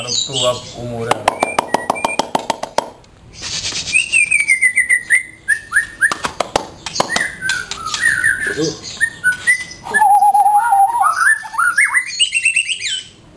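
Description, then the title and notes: White-rumped shama song: varied clear whistles, falling and rising slurred notes, bursts of sharp rapid clicks and a fast warbled run near the end, with short pauses between phrases. Song of the bird known locally as murai batu, used as 'masteran' tutor material for training caged songbirds. "Suara Kicau Burung Murai Batu. burung murai buat masteran"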